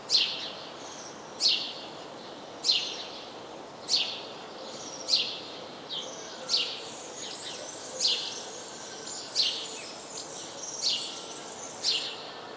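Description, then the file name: House sparrow chirps, sharp cheeps repeated roughly every second and a quarter, steady and insistent. "Passer domesticus"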